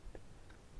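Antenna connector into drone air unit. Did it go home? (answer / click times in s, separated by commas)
no / none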